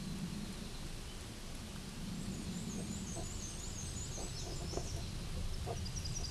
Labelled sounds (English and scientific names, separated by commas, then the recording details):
Black-and-white Warbler (Mniotilta varia) song
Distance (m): 35 m
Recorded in a Pennsylvania forest on 18 May 2023 at 13:54
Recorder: AudioMoth, point grid1_4_low
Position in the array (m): 87 m, 46 m